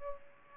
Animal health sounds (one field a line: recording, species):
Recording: mosquito wingbeat signal from an infrared sensor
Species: Aedes aegypti